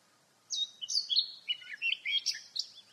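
Eurasian blackcap song: a quick, scratchy warble of varied high notes mixing whistles and twitters, delivered in one continuous phrase over faint background hiss.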